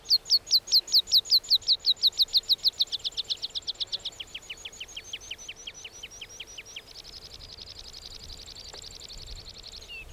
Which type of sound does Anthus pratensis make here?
song